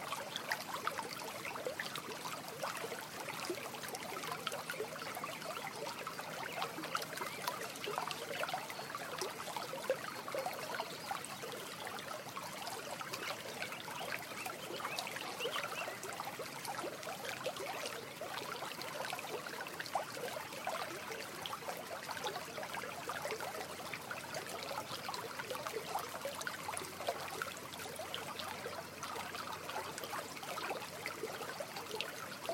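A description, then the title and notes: A quiet creek trickles and babbles steadily at dawn, a dense, bright, unbroken wash of water sound throughout. Trout Creek Morning. Recoding just after Dawn in Pike National Forest Colorado. Recorded with Spatial Audio’s Spatial mic - 2nd Order Ambisonics. Decoded to Binaural.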